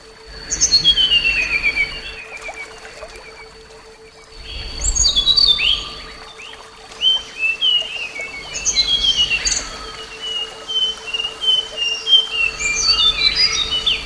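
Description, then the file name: Flycatcher song in bursts of quick varied chirps and short whistled notes, high-pitched, with pauses between phrases and a steady faint hum underneath. Flycatcher song presented as therapy (terapi); uploaded 2014. "terapi sikatan"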